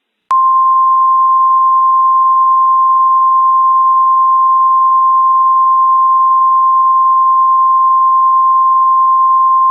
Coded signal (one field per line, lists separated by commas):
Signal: Emergency Alert System (SAME) tones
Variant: 853 and 960 Hz attention tone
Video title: EAS Mock: Moon Apocalypse